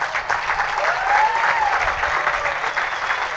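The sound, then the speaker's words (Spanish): Steady audience applause for the mayor at the 2013 public accountability event of the Flandes, Tolima mayor's office, a dense wash of many hands clapping at even loudness throughout, with a faint rising whistle-like tone briefly audible in the middle. “Un aplauso para nuestro alcalde.”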